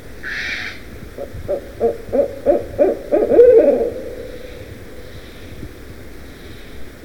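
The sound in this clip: Barred Owl hooting: a run of several low hoots ending in one longer note, preceded by a single harsh crow caw, with faint background hiss.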